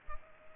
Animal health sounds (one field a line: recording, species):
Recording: mosquito wingbeat signal from an infrared sensor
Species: Culex pipiens